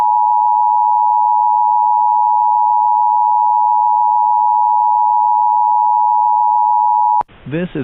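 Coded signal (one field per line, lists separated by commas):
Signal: Emergency Alert System (SAME) tones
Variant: 853 and 960 Hz attention tone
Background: speech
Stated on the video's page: Mock EAS SAME header for a fictional springtime snowstorm scenario, with valid tones; not a real alert.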